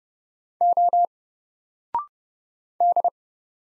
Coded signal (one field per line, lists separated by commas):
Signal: Morse code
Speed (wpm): 30 wpm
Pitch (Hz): 700 Hz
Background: none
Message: O D